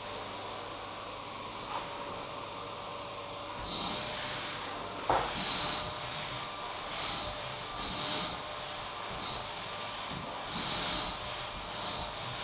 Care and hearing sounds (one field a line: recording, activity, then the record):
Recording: daily activity, microphone in the room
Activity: vacuum cleaning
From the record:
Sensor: 1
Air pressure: 988.7 hPa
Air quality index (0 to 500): 198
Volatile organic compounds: 986 ppm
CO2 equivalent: 5282 ppm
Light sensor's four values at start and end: 24/91/34/36 and 24/91/34/36